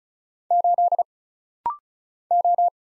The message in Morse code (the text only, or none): 8 O